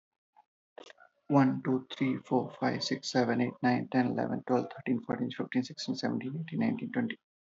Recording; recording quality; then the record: counting at a fast pace; excellent, no background noise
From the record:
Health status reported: respiratory illness, not identified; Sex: male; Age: 45 years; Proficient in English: yes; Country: India